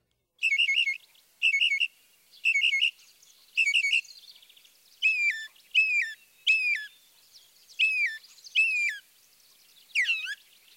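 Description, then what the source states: Northern Mockingbird song: a buzzy chattering phrase repeated four times, then a sharp whistled note repeated three times, then a slurred phrase sung twice and a final single whistled phrase. Phrases normally repeated three or more times.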